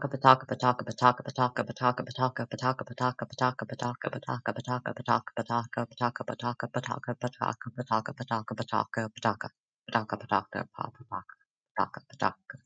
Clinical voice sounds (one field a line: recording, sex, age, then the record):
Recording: repeated syllables /pa ta ka/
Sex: female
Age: 20 to 29 years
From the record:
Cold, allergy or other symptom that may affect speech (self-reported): no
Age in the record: 24 years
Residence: California, United States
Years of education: 14